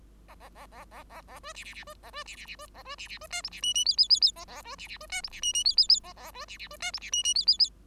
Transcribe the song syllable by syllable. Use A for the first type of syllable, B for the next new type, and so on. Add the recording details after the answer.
A A A A A A A B C C C B A B C C C B A B C C B D E C F F G G G G A A B C C B D E C F F G G G A A B C C B D E C F F G G G. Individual Bird5